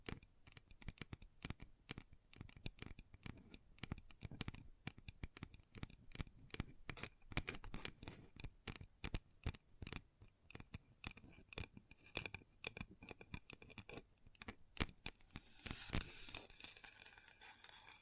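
Long nails tap a table in quick, dense, uneven clicks throughout, with a brighter scratching hiss rising near the end.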